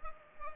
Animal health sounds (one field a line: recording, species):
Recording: mosquito wingbeat signal from an infrared sensor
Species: Culex pipiens